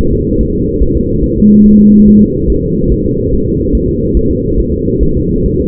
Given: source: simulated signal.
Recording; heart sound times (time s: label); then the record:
fetal heart sounds
0.13 s: S2
0.41 s: S1
0.55 s: S2
0.83 s: S1
0.97 s: S2
1.24 s: S1
1.38 s: S2
1.66 s: S1
1.80 s: S2
2.08 s: S1
2.22 s: S2
2.50 s: S1
2.64 s: S2
2.92 s: S1
3.06 s: S2
3.33 s: S1
3.48 s: S2
3.75 s: S1
3.89 s: S2
4.17 s: S1
4.31 s: S2
4.60 s: S1
4.74 s: S2
5.03 s: S1
5.17 s: S2
5.46 s: S1
5.60 s: S2
From the record:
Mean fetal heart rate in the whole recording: 140 bpm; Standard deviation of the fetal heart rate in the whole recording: 2 bpm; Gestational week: 34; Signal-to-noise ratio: -15.3 dB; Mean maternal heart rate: 72 bpm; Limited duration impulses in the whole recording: present